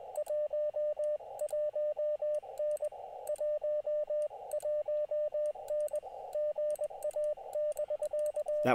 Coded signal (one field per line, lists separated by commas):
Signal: Morse code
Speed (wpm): 21 wpm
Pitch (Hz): 600 Hz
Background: radio noise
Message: 11N 11N GA<BK>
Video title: Can I get 89 contacts on QRP to get the KILO - Live POTA CW activation